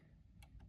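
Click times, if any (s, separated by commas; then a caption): 0.4 s. A Raspberry Pi compute module board is gently pushed straight back into the retaining clips on a CTT Sensorstation carrier board. A short, sharp click at 0.4 s marks it seating, followed by a fainter click near 0.6 s over a low background hum. The module is seated firmly in its clips, and it springs back forward when pressed toward the board.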